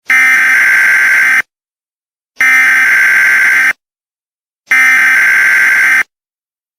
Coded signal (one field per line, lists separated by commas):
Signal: Emergency Alert System (SAME) tones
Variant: header bursts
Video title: EAS Mock Scenario: Togera Attack!